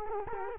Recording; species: mosquito wingbeat signal from an infrared sensor; Culex quinquefasciatus